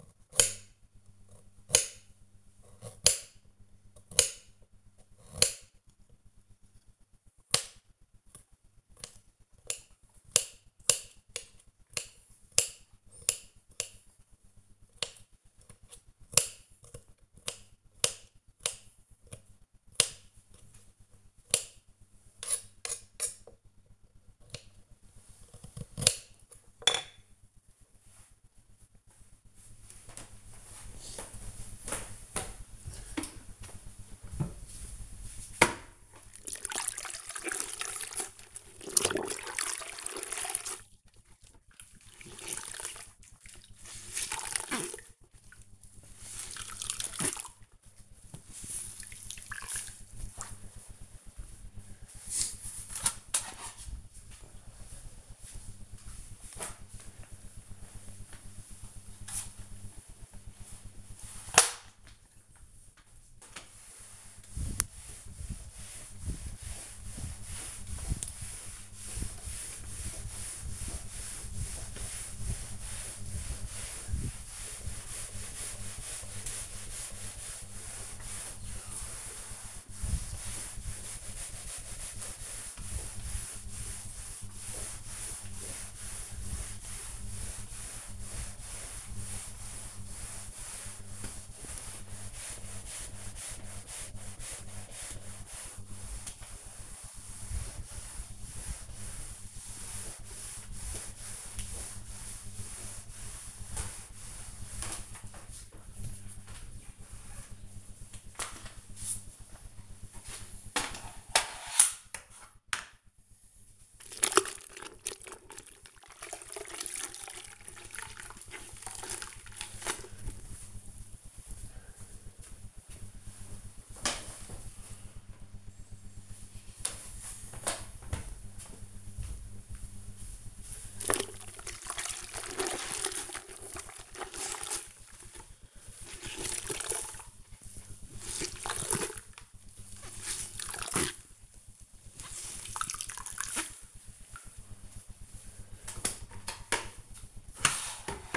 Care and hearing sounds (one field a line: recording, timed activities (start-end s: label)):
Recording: household activities, microphone on the right wrist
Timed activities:
0.00-27.48 s: cutting vegetables
33.50-120.84 s: floor cleaning
129.90-148.37 s: floor cleaning